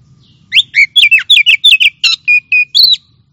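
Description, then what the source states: Oriental magpie-robin song: a rapid run of loud, clear whistled notes, some sliding down and some rising. Champion singing bird.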